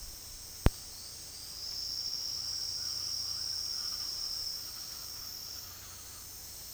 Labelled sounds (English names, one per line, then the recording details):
Speckled Chachalaca
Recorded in dense forest near Puerto Asís, Putumayo, Colombia, on 18 February 2024 at 09:30
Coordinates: 0.485, -76.322
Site G6406